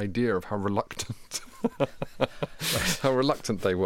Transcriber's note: laughter